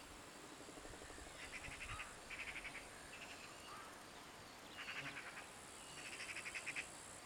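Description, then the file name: Eurasian magpie chattering in several short bursts of rapid harsh rattling notes, separated by pauses. "Pica pica"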